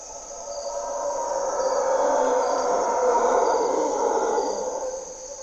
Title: Mantled Howler Monkeys in Corcovado morning twilight